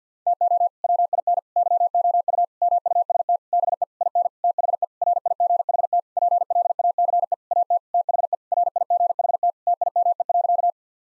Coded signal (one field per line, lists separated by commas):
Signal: Morse code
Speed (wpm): 50 wpm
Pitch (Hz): 700 Hz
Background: none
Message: TO WIN YOU MUST BE IN THE RIGHT PLACE AT THE RIGHT TIME.